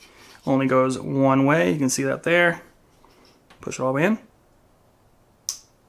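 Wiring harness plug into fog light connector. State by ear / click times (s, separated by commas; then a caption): seated / 5.5 s. Someone talks while a wiring harness plug is pushed all the way into the plastic connector socket of a Diode Dynamics SS3 LED amber fog light for a Tacoma. A single sharp click at 5.5 s confirms the plug is seated and locked.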